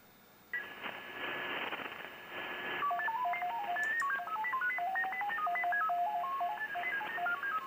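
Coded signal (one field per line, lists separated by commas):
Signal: FT8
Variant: SuperFox mode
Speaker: may try changing my transmit frequency here in the spectrum.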